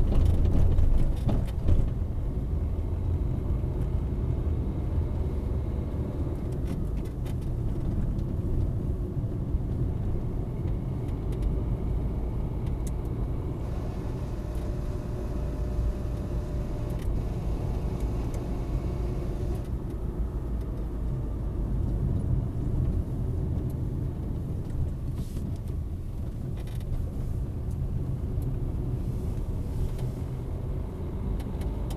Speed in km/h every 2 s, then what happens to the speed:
22, 26, 33, 37, 35, 41, 45, 45, 43, 46, 41, 35, 26, 16, 12, 25.
0-5 speeds up to 37. 9-12 speeds up to 45. 12-19 steady at about 45. 19-27 brakes to 12. 28-32 speeds up to 25.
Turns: 24-28.